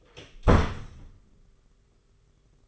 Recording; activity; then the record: daily activity, microphone in the room; close door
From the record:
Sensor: 4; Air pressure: 991.3 hPa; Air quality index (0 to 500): 134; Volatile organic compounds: 48 ppm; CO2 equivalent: 3274 ppm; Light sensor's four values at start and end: 10/24/9/10 and 9/21/8/9